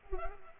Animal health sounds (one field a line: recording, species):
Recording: mosquito wingbeat signal from an infrared sensor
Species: Culex pipiens